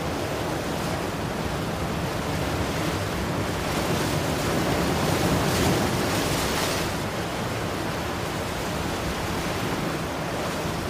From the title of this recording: Hawaii Ocean Waves Sounds